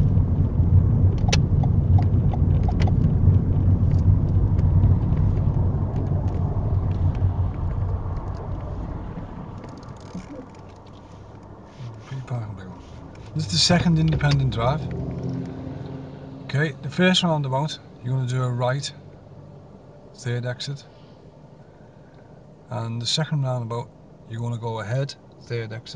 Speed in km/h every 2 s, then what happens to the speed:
29, 27, 19, 6, 0, 0, 0, 0, 0, 0, 0, 0, 0.
0-7 brakes to 0. 7-26 standing.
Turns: none.